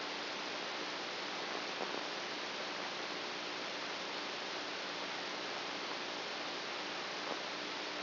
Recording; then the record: brain microelectrode recording played as sound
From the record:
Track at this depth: inside the subthalamic nucleus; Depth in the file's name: 3.502 mm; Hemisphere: right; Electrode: 2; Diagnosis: Parkinson's disease